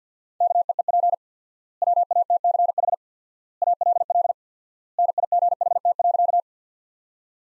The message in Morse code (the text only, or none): KEEP WATCH ALL NIGHT.